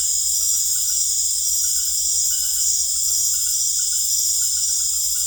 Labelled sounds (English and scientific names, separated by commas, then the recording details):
none
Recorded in secondary vegetation near Puerto Asís, Putumayo, Colombia, on 20 December 2024 at 19:30
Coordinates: 0.488, -76.319
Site GP04